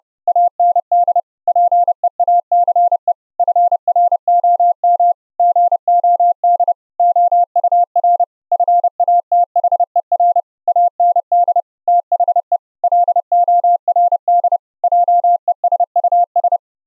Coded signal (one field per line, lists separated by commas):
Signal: Morse code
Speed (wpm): 30 wpm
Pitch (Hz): 700 Hz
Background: none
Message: AND PEACE FROM GOD OUR FATHER AND THE LORD JESUS